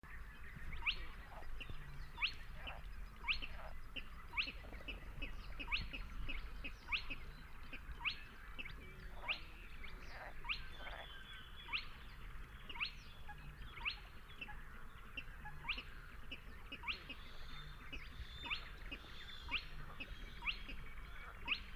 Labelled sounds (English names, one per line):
Spotted Crake song